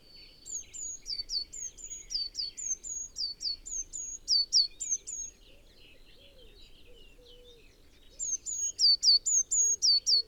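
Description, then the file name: Eurasian blue tit giving a series of thin, high notes, about four per second, some dropping in pitch. The bird falls quiet for a few seconds, then starts another run. "Cyanistes caeruleus"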